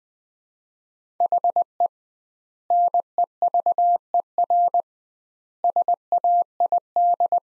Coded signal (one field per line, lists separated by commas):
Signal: Morse code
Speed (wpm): 20 wpm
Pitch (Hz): 700 Hz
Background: none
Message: HE NEVER SAID